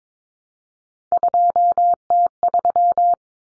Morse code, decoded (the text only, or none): 2T3